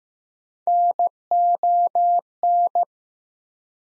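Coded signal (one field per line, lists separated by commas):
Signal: Morse code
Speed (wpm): 15 wpm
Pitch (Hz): 700 Hz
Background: none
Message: NON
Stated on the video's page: Morse head-copy drill of prefixes and suffixes at 15 wpm, each sent, spoken, then sent again.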